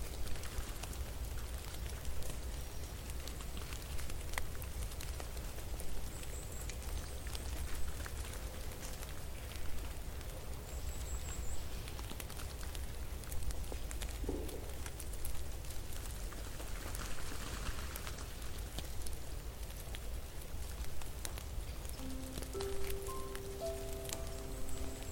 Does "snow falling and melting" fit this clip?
yes